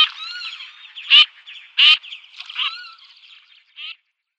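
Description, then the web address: Common teal calls, a few loud, hoarse quacks over a steady background of softer, trilling chatter that fades out near the end. Female birds. "Schulze Peter Common Teal females"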